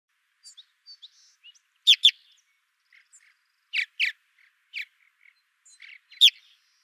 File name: Purple Martin